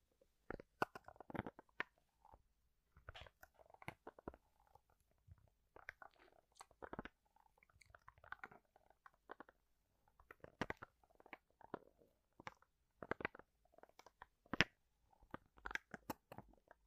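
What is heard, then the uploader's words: Bone-cracking sounds made from household objects: sharp, bright cracks and crunchy snaps arrive in quick irregular clusters, several per second, across the whole seventeen seconds. Between the bursts come short creaking, grinding textures and brief near-silent pauses. 13 different triggers with simple things but big sounds that I find around the house. BONE-nus LIVE bone cracking sounds.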